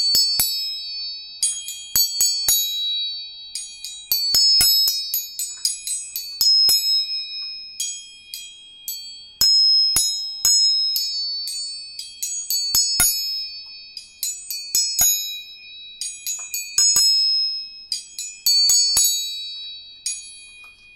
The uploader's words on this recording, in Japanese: 音叉チューニング全体性。